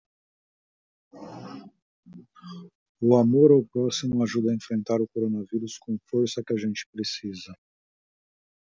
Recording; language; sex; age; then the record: spoken sentence; Brazilian Portuguese; male; 40 to 49 years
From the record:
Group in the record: control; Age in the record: 41 years